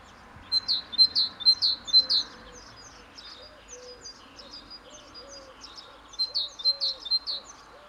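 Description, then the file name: Great tit singing bright, rapidly repeated two-note phrases in two short bursts, while lower, soft, evenly spaced notes from another bird continue underneath. "Parus major"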